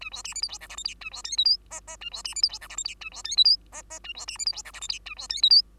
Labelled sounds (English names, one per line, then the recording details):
Bengalese Finch song
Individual Bird2